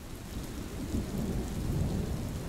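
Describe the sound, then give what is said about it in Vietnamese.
Heavy rain pours in a steady, dense hiss while low thunder rumbles and rolls continuously underneath, swelling slightly toward the end with no voices present. “Một mình lầm lũi bước đi giữa trời mưa gió, thân hình gầy gò của ông Thẩm nhanh chóng bị màn đêm nuốt trọn”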